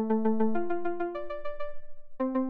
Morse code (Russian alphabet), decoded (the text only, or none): none